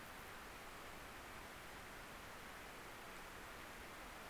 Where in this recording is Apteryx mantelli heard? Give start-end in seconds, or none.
none